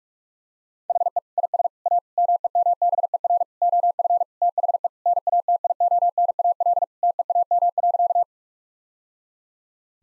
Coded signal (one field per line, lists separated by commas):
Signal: Morse code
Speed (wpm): 42 wpm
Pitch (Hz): 700 Hz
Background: none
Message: HE IS A MEMBER OF THE NATIONAL TEAM.